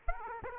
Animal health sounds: mosquito wingbeat signal from an infrared sensor; Aedes aegypti

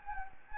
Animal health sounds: mosquito wingbeat signal from an infrared sensor; Anopheles gambiae

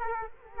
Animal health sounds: mosquito wingbeat signal from an infrared sensor; Culex quinquefasciatus

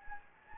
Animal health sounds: mosquito wingbeat signal from an infrared sensor; Anopheles gambiae

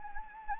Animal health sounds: mosquito wingbeat signal from an infrared sensor; Anopheles gambiae

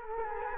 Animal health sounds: mosquito wingbeat signal from an infrared sensor; Culex quinquefasciatus

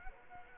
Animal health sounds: mosquito wingbeat signal from an infrared sensor; Culex quinquefasciatus

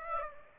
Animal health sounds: mosquito wingbeat signal from an infrared sensor; Aedes aegypti

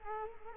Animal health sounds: mosquito wingbeat signal from an infrared sensor; Culex quinquefasciatus

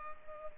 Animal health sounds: mosquito wingbeat signal from an infrared sensor; Culex pipiens

